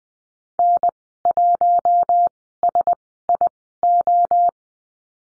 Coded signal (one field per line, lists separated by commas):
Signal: Morse code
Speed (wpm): 20 wpm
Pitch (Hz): 700 Hz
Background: none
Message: N 1 S I O